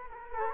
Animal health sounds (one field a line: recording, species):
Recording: mosquito wingbeat signal from an infrared sensor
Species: Culex quinquefasciatus